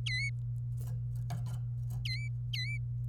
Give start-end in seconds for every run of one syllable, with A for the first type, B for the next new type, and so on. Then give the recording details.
0.06-0.29 A, 2.05-2.28 A, 2.54-2.78 A. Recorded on 26 April 2018 at 15:10. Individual llb3